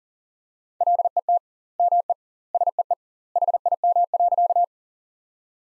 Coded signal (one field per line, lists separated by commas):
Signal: Morse code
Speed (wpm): 40 wpm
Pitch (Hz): 700 Hz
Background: none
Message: LET ME SEE HIM.